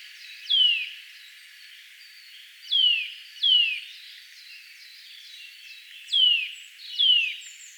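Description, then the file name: Eurasian nuthatch repeating sharp, descending whistled calls at irregular intervals, with faint twittering of other birds in the background. "Sitta europaea"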